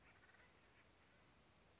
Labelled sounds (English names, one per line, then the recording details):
California Towhee
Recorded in Sonoma County, California